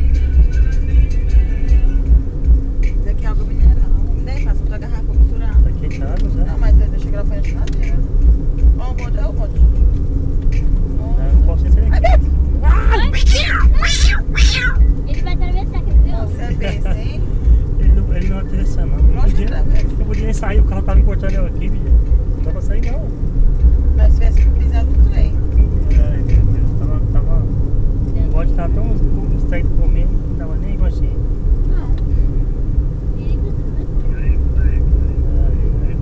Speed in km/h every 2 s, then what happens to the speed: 61, 65, 64, 65, 67, 66, 62, 65, 71, 76, 76, 78, 82, 82, 80, 74, 75, 76.
0-7 speeds up to 67. 7-13 steady at about 66. 13-24 speeds up to 82. 27-30 slows to 74. 30-36 steady at about 75.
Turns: none.